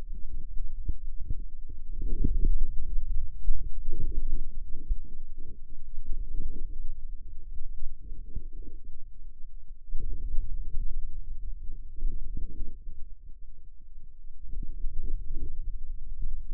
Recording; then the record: forearm muscle sounds (acoustic myography)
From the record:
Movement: ulnar deviation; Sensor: system 2, bracelet of six BSWA MPA416 microphones around the upper forearm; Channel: 5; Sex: male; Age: 22 years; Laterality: right